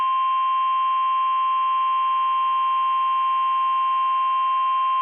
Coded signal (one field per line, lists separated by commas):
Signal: Emergency Alert System (SAME) tones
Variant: 1050 Hz attention tone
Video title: NOAA Weather Radio - Severe Thunderstorm Warning [EAS #100!] (3/19/22)